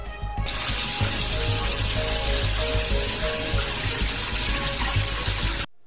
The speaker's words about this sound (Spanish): Así llega ahora el agua a los hogares humildes de Venezuela. Así, esa agua marrón oscuro.